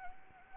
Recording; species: mosquito wingbeat signal from an infrared sensor; Anopheles arabiensis